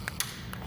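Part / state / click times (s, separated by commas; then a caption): line quick-connect fitting onto its mating port on the vehicle / seated / 0.2 s. A trimmed line on a Ford is pushed onto its fitting, and the line's quick-connect snaps onto its mating port on the vehicle with a sharp click at 0.2 s. Fainter taps come just before and after, at about 0.1 s and 0.5 s. The connector is seated.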